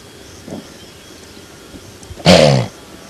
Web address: blue wildebeest